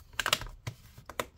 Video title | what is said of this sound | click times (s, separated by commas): Lenovo ThinkPad T440 Disassembly RAM SSD Hard Drive Upgrade Battery LCD Screen Replacement Repair | click it all back into place | 0.2 s, 0.3 s, 0.7 s, 1.1 s, 1.2 s